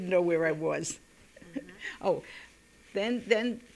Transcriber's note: she laughs